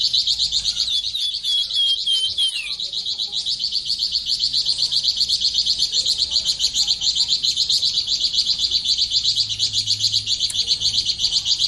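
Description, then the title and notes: Streaked spiderhunter delivering an unbroken stream of rapid, high chattering chips, with a few sliding descending whistles near the start. Long, clear, vigorous singing. "Pijantung Gunung Gacor Jernih Panjang. Masteran burung"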